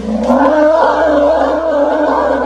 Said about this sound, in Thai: ขณะกำลังพิศวงสงสัยอยู่นั้นราวป่าที่ดำทะมึนถึงเบื้องหน้าห่างไปราว 2-3 เส้นก็ปรากฏเสียงหนึ่งร้องคำรามดังสนั่นหวั่นไหว